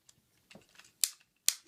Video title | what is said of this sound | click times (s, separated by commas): Dino Charge Megazord Review | fold these legs back until they click | 1.0 s, 1.5 s